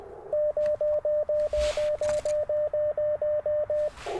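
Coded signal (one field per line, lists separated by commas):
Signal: none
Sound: an antenna tuner's beeps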